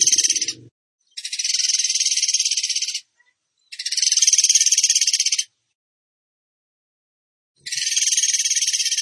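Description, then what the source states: Bird song: high, buzzy trills of about two seconds each, repeated with silent gaps, with a brief low rumble at the start. Masteran (training recording) in tembakan gacor style.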